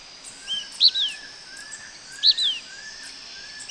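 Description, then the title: Blackish pewee call, a sharp high note with a downslurred tail, heard twice with a third starting at the end, plus a thin whistled note and a steady high hiss behind. Nominate subspecies nigrescens. "LuckyPassaro Completos2Sama. Blackish Pewee (Contopus nigrescens nigrescens)"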